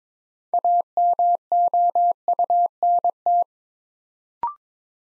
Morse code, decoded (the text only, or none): AMOUNT